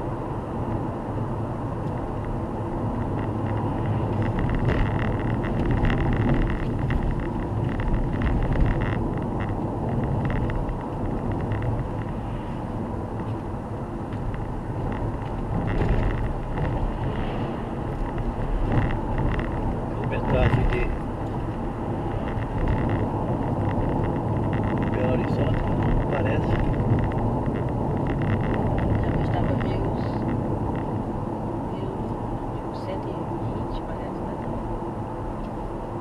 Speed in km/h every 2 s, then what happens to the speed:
80, 79, 73, 72, 74, 75, 76, 79, 81, 82, 81, 80, 79, 77, 74, 74, 75, 75.
0-5 slows to 72. 5-18 speeds up to 82. 18-36 slows to 75.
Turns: none.